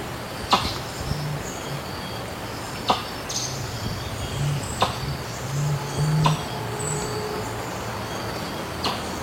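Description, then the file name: Helmeted curassow booming song: very low, soft humming notes drawn out in a slow series, with sharp ticking clicks and a steady insect hiss. "Canto do mutum de elmo"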